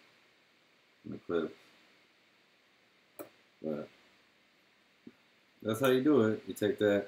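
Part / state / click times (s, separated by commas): small plastic part into a TV remote housing / seated / 3.2 s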